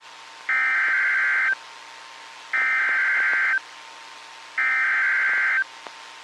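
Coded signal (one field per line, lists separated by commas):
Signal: Emergency Alert System (SAME) tones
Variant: header bursts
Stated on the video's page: Ohio severe weather EAS alerts, including a tornado warning, from NOAA Weather Radio transmitter in Grafton, Ohio.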